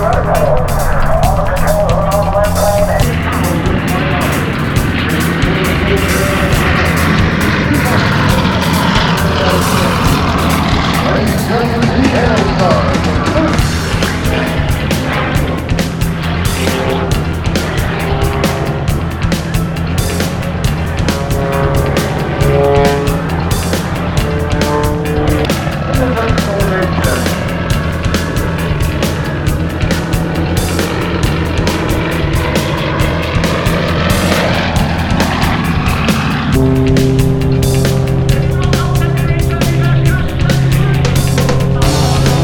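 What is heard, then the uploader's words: Aircraft roar at an air show, loud and unbroken for the whole stretch, with a deep rumble underneath. Sweeping, phasing tones rise and fall as planes pass, and a steadier engine whine takes over near the end. Faint voices seem mixed in. This episode from EAA AirVenture 2013 in Oshkosh, WI is nothin’ but air show.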